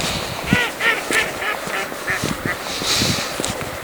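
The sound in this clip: Duck quacking in a rapid run of nasal, harmonic calls, about three a second, over a rough background hiss.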